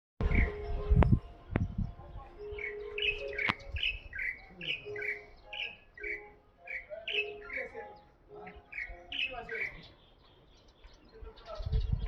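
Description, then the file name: Light-vented bulbul calling: a lively run of many short, bright chirps over lower tonal notes, with heavy low thumps at the start and end. Recorded on 13 May 2023. "Pycnonotus-sinensisv-2023-05-13"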